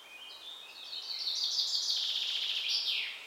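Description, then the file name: Common chaffinch song: a bright, high trilled phrase that builds over about three seconds and ends in a quick downward flourish. "Fringilla coelebs"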